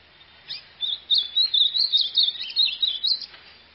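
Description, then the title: White-throated seedeater song: a rapid run of high, sweet chirps and short warbled notes, about three seconds long, over a quiet background. "Canto Do Golinha"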